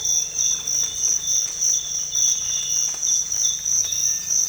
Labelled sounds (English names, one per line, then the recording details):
none
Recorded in dense forest near Puerto Asís, Putumayo, Colombia, on 22 December 2024 at 06:00
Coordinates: 0.484, -76.325
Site G056